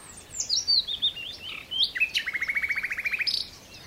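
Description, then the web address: Common nightingale song opening with descending whistled slurs, then a rapid even series of repeated notes lasting over a second. "SETE data Luscinia megarhynchos"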